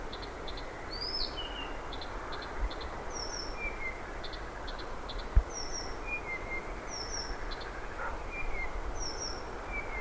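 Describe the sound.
Blyth's Reed Warbler song, quiet: double clicks and thin slurred whistles at slow intervals, one sharp knock midway, with continuous low hiss.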